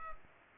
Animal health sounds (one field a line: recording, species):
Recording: mosquito wingbeat signal from an infrared sensor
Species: Culex pipiens